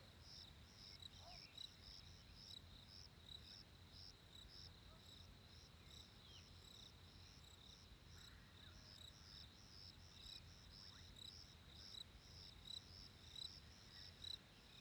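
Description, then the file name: Cricket chirps pulse faintly and evenly throughout, high-pitched and rhythmic, above a steady low rumble. Crickets recorded in winter. "fresh winter crickets"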